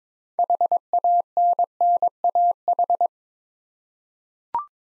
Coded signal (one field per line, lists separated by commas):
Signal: Morse code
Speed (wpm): 22 wpm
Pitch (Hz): 700 Hz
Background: none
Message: HANNAH